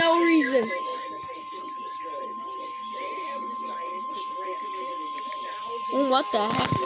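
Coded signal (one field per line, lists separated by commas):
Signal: Emergency Alert System (SAME) tones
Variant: 1050 Hz attention tone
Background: speech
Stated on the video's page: Tornado warning on NOAA weather radio station WWF64, Monterey Marine, California.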